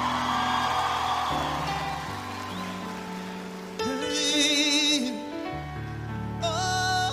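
A concert crowd in Curaçao claps and cheers steadily throughout, a dense hiss of applause mixed with loud sustained music, with a high wavering whoop rising over it midway.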